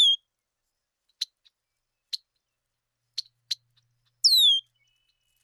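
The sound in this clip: Bird calls: a few crisp ticking chips at uneven spacing, framed by a downward-slurred whistle at the start and another near the end.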